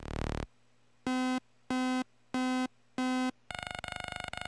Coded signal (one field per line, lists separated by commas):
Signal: none